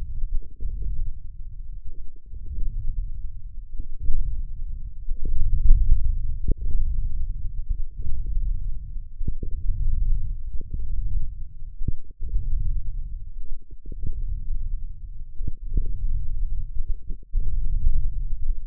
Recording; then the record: forearm muscle sounds (acoustic myography)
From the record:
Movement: hand opening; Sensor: system 1, eight BSWA MPA416 microphones around the upper forearm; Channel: 6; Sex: male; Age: 28 years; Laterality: right